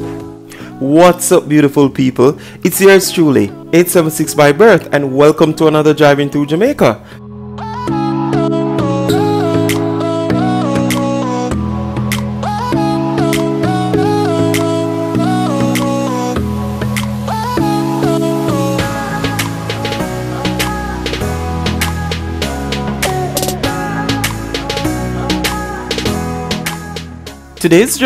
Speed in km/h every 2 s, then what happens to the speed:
21, 26, 34, 37, 37, 35, 32, 29, 27, 23, 19, 13, 6, 6.
0-5 speeds up to 37. 8-28 slows to 6.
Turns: 22-26.